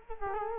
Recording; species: mosquito wingbeat signal from an infrared sensor; Culex quinquefasciatus